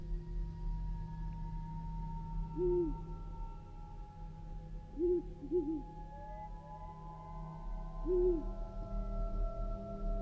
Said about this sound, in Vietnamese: Xung quanh nơi đây là một bầu không khí âm u tịch mịch. Thì thoảng lại có tiếng chim cú đâu đó từ xa rúc vọng lại như là đang gọi bầy.